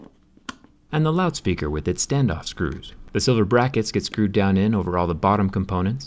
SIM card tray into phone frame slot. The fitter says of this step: SIM card tray pops into place and the